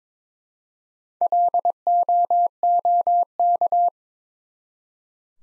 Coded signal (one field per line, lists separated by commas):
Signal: Morse code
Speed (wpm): 26 wpm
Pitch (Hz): 700 Hz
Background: none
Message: LOOK